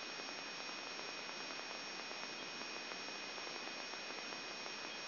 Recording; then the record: brain microelectrode recording played as sound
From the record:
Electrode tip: outside the subthalamic nucleus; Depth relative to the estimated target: 3 mm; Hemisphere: right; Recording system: AlphaMap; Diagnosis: Parkinson's disease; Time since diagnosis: 7 years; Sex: male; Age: 59 years